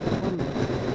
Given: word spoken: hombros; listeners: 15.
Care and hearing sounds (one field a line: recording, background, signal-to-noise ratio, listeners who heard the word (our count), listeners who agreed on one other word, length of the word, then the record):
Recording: one Spanish word in noise, from a listening test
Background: noise modulated by three-talker babble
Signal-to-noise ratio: -6.4 dB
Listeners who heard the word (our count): 2 of 15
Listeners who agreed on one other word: 7 of 15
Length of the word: 0.55 s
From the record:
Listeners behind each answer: 7, 2, 1, 1, 1, 1, 1, 1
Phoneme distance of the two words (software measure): 10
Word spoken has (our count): 2 syllables, 6 phonemes, stress on syllable 1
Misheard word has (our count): 2 syllables, 6 phonemes, stress on syllable 1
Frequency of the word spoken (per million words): 35.13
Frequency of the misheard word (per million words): 278.87